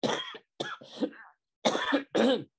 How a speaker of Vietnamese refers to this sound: Xin lỗi, bữa nay cũng còn ho. Hên là mình dạy từ xa, em nó lây chết luôn.